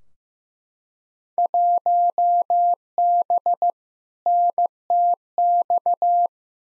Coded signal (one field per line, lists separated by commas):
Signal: Morse code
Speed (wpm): 16 wpm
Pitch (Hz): 700 Hz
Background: none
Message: 1B NTX